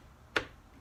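A filled plastic chicken waterer reservoir is slipped into its base and snaps into place. A single sharp click sounds at 0.4 seconds against quiet background noise, and the waterer is seated.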